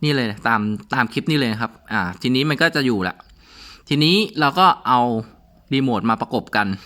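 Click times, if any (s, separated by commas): none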